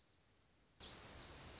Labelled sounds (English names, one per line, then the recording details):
Dark-eyed Junco
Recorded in Sonoma County, California